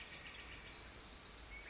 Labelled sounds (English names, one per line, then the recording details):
Pacific Wren
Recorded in Sonoma County, California